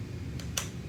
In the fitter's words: but if you want to hear the click there is it clicks into place